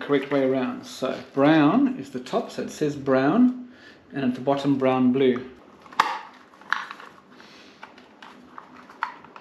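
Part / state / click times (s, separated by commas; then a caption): wiring loom connector into electrical module socket / not seated / none. Someone talks while lining up a BMW K100 motorcycle wiring loom connector with the brown wire on top, ready to push it into the plastic housing of an electrical module socket. After the talking stops, short sharp handling knocks are heard around 6.0 s, 6.7 s and 9.0 s with quieter rustling between them. Nothing has seated or clicked yet.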